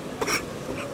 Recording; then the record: coughing mixed with background sound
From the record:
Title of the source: 31 night wet cough